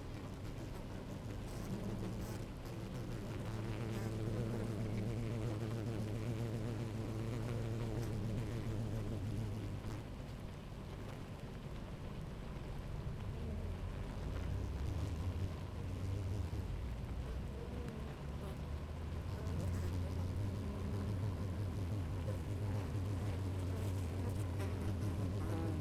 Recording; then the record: honeybee colony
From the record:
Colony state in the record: active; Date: 28 July 2017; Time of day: 11:01